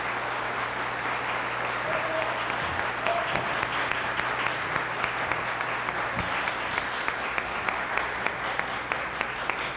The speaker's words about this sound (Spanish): Agradeciendo infinitamente sus aplausos